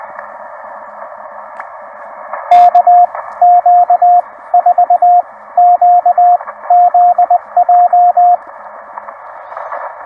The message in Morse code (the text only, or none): KQ4QZJ